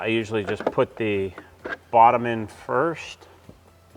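A removed brew unit is handled as it goes back into a Bosch built-in coffee maker, bottom end first. Someone talks throughout, with faint handling noise between phrases. Nothing has seated or clicked yet.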